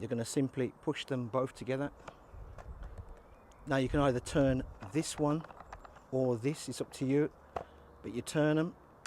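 Someone talks while pushing the two plastic fittings of a Kärcher K2 pressure washer lance together, about to turn one of them until the lance parts lock into each other. Faint handling sounds come near 2.6 and 2.8 seconds, and a brief sharp sound at the very end. Nothing has seated or clicked yet.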